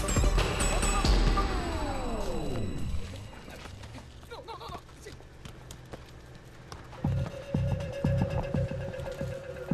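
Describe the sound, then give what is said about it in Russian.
A ball bounces repeatedly with sharp, irregular thuds, some quick and clustered, as local residents play ball in a courtyard. The bouncing follows a loud descending mechanical whine that winds down over the first few seconds, with a low hum underneath. “Местные жители квартала играют мячом во дворе.”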